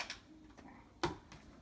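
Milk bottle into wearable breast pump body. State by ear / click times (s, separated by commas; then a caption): seated / 1.0 s. On a second try, a plastic milk bottle is pressed onto the body of an Elvie wearable breast pump. A sharp click at 1.0 s shows the bottle seating home, with fainter ticks around 0.1 s and 1.3 s.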